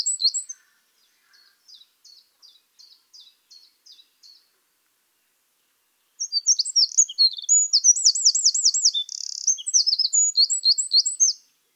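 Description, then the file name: Eurasian wren: a faint run of soft ticking notes, a pause, then a loud, rapid, high song full of trills and a buzzing rattle lasting about five seconds. "Troglodytes troglodytes"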